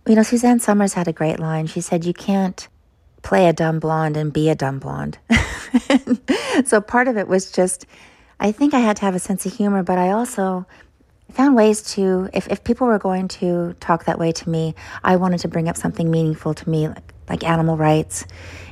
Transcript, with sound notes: You know, Suzanne Somers had a great line. She said, you can't play a dumb blonde and be a dumb blonde (laughter). So part of it was just - I think I had to have a sense of humor, but I also found ways to - if people were going to talk that way to me, I wanted to bring up something meaningful to me, like animal rights,